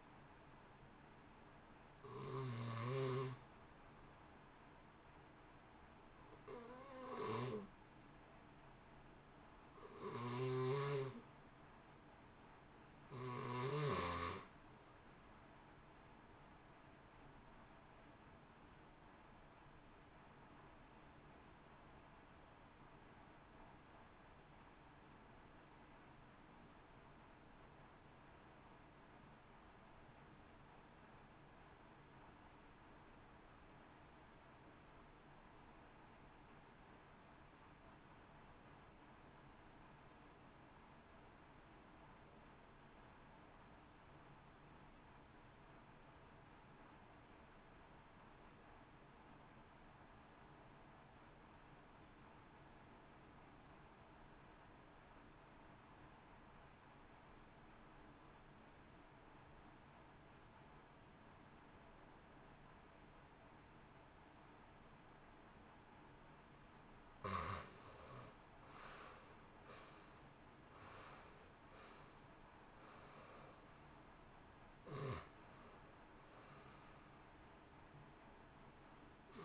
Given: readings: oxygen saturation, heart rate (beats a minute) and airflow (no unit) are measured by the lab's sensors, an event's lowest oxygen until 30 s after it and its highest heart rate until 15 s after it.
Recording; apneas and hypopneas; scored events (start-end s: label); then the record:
breathing in sleep by a voice recorder at the bedside; 1
24.00-66.70 s: obstructive apnea (REM, oxygen 91% highest, then 59% lowest, heart rate 56 at the start, 84 highest)
From the record:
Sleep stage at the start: REM sleep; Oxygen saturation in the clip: 60 to 92%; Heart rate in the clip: 56 to 84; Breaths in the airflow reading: 17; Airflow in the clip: -1.7 to 2.1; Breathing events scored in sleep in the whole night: 328 in 6.3 hours asleep